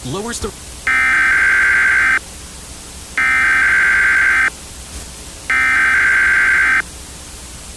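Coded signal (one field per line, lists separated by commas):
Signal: Emergency Alert System (SAME) tones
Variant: header bursts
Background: speech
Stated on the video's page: Fictional EAS scenario.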